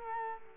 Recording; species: mosquito wingbeat signal from an infrared sensor; Culex quinquefasciatus